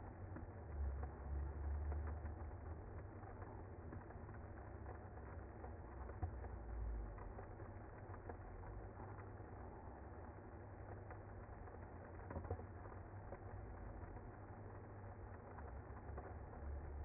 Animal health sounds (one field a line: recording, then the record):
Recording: honeybee colony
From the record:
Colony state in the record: active